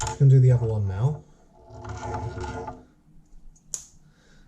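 Someone talks while a second small ball-ended connector is pushed onto the lined end of a rib shaft on a Terminator build model, a push-and-click fitting. A faint tick comes just before a single sharp click at 3.7 s as the piece seats firmly in place.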